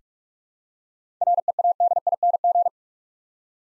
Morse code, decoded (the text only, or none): READING